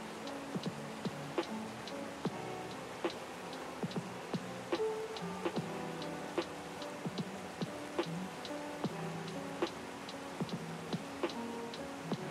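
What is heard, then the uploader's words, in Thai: Soft lo-fi music plays with mellow sustained chords and a steady beat of crisp, clicking taps about every three-quarters of a second. A constant gentle hiss, like distant falling water, runs underneath throughout without change. (Lo-Fi & Waterfall V.) เสียงเพลง Lo-Fi เบาๆ และเสียงน้ำตกไกลๆ.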